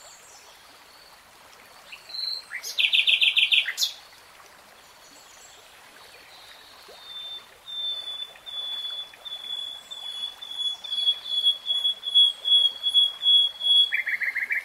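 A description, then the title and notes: A nightingale sings, opening with a loud burst of rapid notes around three seconds, then after a pause a long series of quick, high repeated pulses that swell toward the end. A soft steady hiss, like a stream, runs underneath throughout. Tiếng chim hót 3 Hours REALTIME Nightingale Singing.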